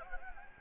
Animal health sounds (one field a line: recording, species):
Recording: mosquito wingbeat signal from an infrared sensor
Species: Anopheles gambiae